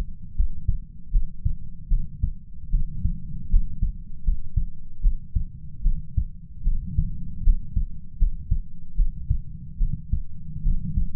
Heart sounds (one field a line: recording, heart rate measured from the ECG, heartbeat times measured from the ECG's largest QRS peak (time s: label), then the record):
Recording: heart sounds by stethoscope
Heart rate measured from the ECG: 76 bpm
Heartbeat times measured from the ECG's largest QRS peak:
0.34 s: heartbeat
1.10 s: heartbeat
1.87 s: heartbeat
2.69 s: heartbeat
3.48 s: heartbeat
4.23 s: heartbeat
5.00 s: heartbeat
5.81 s: heartbeat
6.62 s: heartbeat
7.42 s: heartbeat
8.17 s: heartbeat
8.94 s: heartbeat
9.77 s: heartbeat
10.62 s: heartbeat
From the record:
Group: healthy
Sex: female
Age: 26 years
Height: 165 cm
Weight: 55 kg